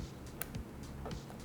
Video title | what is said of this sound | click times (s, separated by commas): Boudoir with Rollei 35TE, 35mm Film Camera From 1979 | Okay, I don't know if you heard it, but that's the click. | 0.4 s